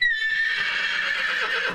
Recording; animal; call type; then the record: contact call of a hoofed animal; horse; whinny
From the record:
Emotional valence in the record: negative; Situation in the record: separation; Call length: 1.75 s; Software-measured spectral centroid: 2570 Hz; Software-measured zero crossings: 4050 a second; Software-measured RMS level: -24 dBFS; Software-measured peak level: -12 dBFS